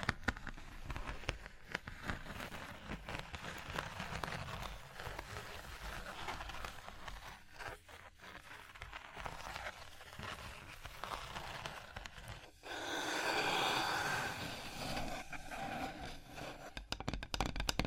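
Fingers tap, scratch and trace across a surface in a dense, continuous stream of small crisp clicks and rubs. The texture stays busy and bright throughout, with a brief pause near 12 seconds followed by a louder, smoother scratching stretch around 13 to 15 seconds.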